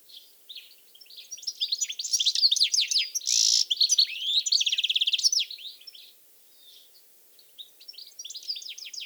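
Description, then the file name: European goldfinch twittering song, a dense burst of chirps and a harsh buzz, then quieter scattered notes before the song resumes. "Carduelis carduelis"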